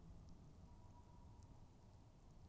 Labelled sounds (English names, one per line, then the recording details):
Tawny Owl
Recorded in Germany
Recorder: ecoPi